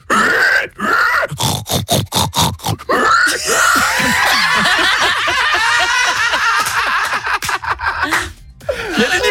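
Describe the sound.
A person imitates a pig squealing: a quick run of sharp, choppy grunting bursts, then a long, loud, high-pitched warbling squeal that wavers and strains before trailing off.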